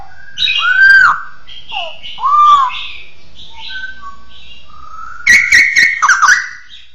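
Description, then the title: Bird song mixing harsh squawky notes, arched whistles and a rising whistle, closing with a rapid run of clicks and sweeping notes. "SuaraBurung Kicau1"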